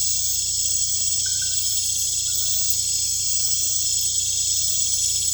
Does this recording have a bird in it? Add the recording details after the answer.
no. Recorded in pastures near Puerto Asís, Putumayo, Colombia, on 16 December 2024 at 20:30. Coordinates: 0.472, -76.329. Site G072